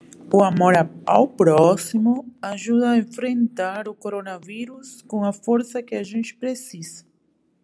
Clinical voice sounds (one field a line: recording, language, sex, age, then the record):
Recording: spoken sentence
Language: Brazilian Portuguese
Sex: female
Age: 30 to 39 years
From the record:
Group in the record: control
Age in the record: 32 years